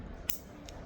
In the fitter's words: And I'm going to squeeze until it clicks.